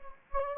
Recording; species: mosquito wingbeat signal from an infrared sensor; Anopheles gambiae